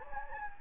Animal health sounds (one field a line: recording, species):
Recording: mosquito wingbeat signal from an infrared sensor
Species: Anopheles gambiae